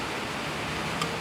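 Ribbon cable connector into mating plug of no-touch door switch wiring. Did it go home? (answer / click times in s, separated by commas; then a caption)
no / none. A ribbon-cable connector, held with its barbed side facing up, is handled at the mating plug of the wiring for a wired, digital-model no-touch switch on a SPEEDZ auto door. Only steady broadband hiss is heard, with a faint brief tonal blip near 1.0 s. Nothing has seated or clicked yet.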